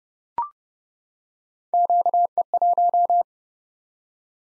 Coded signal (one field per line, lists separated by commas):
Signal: Morse code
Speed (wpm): 30 wpm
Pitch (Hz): 700 Hz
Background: none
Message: QE1